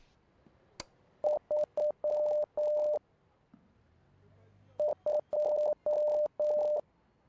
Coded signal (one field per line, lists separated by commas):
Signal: Morse code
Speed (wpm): 9 wpm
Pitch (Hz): 600 Hz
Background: none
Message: 3 2